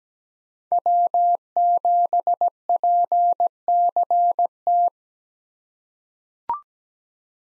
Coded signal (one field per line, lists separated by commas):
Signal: Morse code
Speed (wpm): 17 wpm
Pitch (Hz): 700 Hz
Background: none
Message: W7PCT